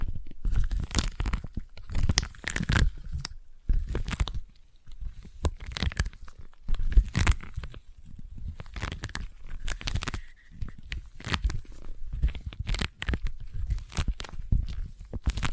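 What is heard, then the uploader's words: Sticky tapping with crackly, peeling bursts, dense clusters of quick taps separated by brief pauses. ASMR Intense Sticky Tapping and Sticky Triggers (No Talking).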